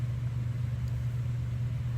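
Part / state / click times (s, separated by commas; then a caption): plastic push-in retainer clip into a hole in the fog light mounting bracket / not seated / none. A plastic push-in retainer clip is lined up in the second hole on the backside of the fog light mounting bracket of a 2018 to 2024 Ford Raptor, ready to be pushed in. A steady low engine-like rumble continues throughout the clip. Nothing has seated or clicked yet.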